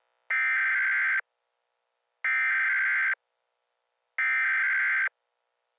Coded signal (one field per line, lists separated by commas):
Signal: Emergency Alert System (SAME) tones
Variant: header bursts